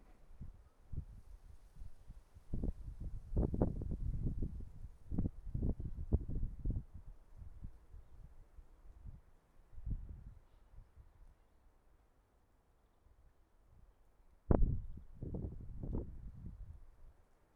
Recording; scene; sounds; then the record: everyday scene through a hearing-aid microphone; wind on the microphone; wind, traffic, birds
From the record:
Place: suburban garden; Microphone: behind the ear, right, rear